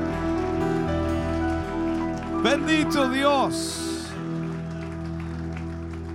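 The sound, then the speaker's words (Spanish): An audience at a church celebration service applauds in praise of Jesus in a steady, dense patter of clapping that runs through the whole clip under sustained keyboard chords, while a man's voice briefly calls out over it. “Gracias, fuerte ese aplauso, fuerte, fuerte.”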